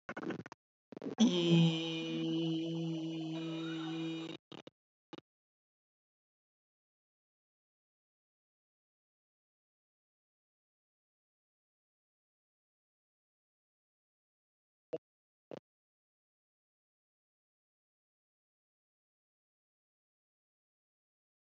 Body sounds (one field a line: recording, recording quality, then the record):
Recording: sustained vowel as in beet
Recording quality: moderate, slight background noise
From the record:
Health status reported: healthy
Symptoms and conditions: none ticked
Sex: male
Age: 30 years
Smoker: yes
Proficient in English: yes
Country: India